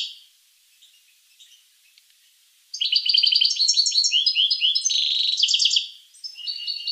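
Finch song starts after a quiet stretch with faint chirps, then a loud run of high rapid trills and chattering notes.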